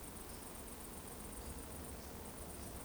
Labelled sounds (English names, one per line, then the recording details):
Eurasian Woodcock whistle
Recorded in Baden-Württemberg, Germany, on 23 June 2020 at 20:32 UTC
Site 14569, 102 m above sea level